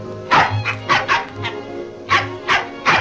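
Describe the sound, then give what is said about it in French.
A small dog barks in quick, sharp yaps, a burst of three, a brief pause, then three more, fairly loud over a faint steady hum. “Le petit chien Toto.”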